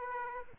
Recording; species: mosquito wingbeat signal from an infrared sensor; Aedes aegypti